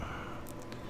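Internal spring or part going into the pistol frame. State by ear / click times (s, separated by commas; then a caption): not seated / none. During reassembly of a Kel-Tec P-40 (P-11) polymer-frame pistol, an internal spring or part is lifted and moved toward the back of the frame. Over a steady low background rumble, two faint, short, bright ticks sound at about 0.5 and 0.7 seconds. Nothing has seated or clicked into place yet.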